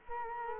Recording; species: mosquito wingbeat signal from an infrared sensor; Culex quinquefasciatus